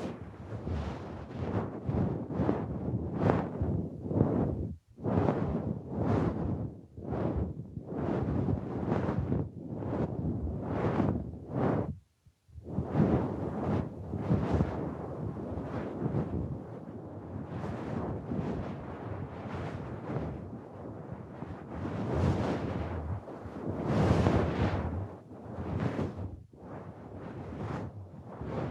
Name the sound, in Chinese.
温柔吹气+鹅毛棒掏耳